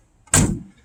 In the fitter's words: nice and good, and, you know, you want to hear that click,